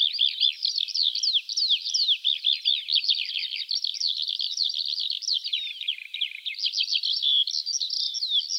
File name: Alouette des champs